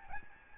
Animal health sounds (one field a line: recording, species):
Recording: mosquito wingbeat signal from an infrared sensor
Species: Aedes albopictus